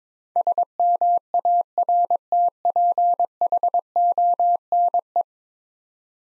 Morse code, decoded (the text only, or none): SMARTPHONE